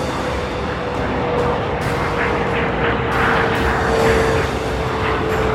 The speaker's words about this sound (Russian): Движки десантного бота с натугой загудели. Бот начал оттормаживаться.